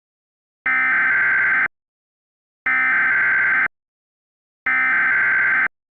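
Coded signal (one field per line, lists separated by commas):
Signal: Emergency Alert System (SAME) tones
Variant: header bursts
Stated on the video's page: Simulated EAS scenario.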